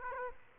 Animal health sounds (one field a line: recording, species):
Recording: mosquito wingbeat signal from an infrared sensor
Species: Aedes aegypti